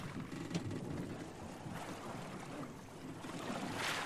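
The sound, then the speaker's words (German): A rowing boat is rowed at night back to ships, with steady sloshing and a soft wash of wind, plus a few faint knocks and splashes and a brief swell of hiss near the end. No one speaks. “Dann rudern sie im Schutz der Nacht wieder zu ihren Schiffen.”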